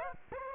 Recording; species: mosquito wingbeat signal from an infrared sensor; Aedes aegypti